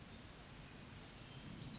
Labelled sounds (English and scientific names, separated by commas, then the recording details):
Western Flycatcher (Empidonax difficilis)
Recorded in Sonoma County, California